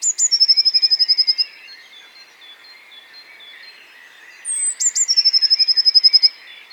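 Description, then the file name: Eurasian blue tit calling: high thin notes, then a fast, even, ringing trill lasting over a second, given twice, with soft chirping underneath. "Cyanistes caeruleus"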